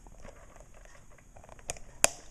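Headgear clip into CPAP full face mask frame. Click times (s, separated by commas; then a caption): 2.0 s. A plastic headgear clip is pressed onto the frame of a Hans Rudolph full face CPAP mask. After some quiet handling noise and a softer tick around 1.7 s, one loud, sharp click lands at 2.0 s. The clip has snapped on and is seated.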